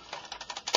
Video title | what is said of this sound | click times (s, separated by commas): Transformers 'Oversize' KO G1 DREADWIND & DARKWING Review | this does SNAP into place which is pretty cool | 0.7 s, 0.8 s